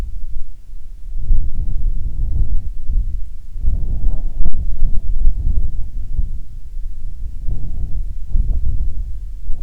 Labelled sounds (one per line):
wind